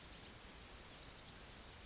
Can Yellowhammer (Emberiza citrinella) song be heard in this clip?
no